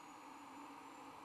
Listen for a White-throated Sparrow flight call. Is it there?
no